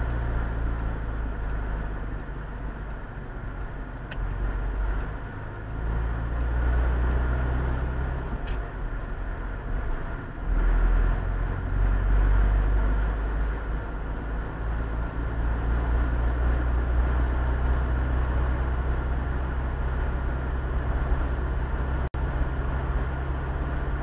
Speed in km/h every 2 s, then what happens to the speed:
0, 9, 14, 14, 17, 22, 26, 30, 34, 35, 38, 38.
0-16 pulls away to 34. 16-24 steady at about 35.